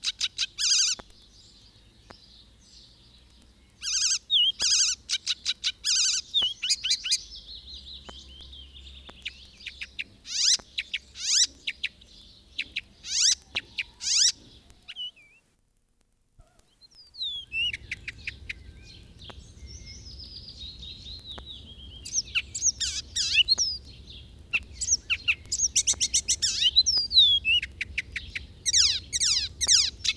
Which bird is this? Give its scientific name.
Hippolais icterina